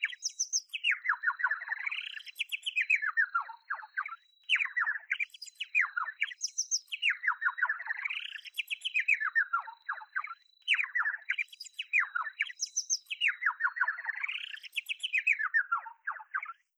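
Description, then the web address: Bird singing warbled phrases of rising and falling notes in a repeating sequence, with a faint steady high tone in the background. "sakerhets-sm forensik beautiful-birds birds"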